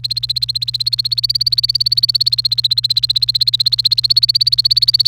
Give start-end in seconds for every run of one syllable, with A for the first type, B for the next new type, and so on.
0.00-5.08 A